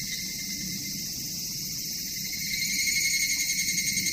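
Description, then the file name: Evening cicada singing, a shrill continuous whine that turns louder and pulses quickly in rapid repeated beats during the second half. "higurashi"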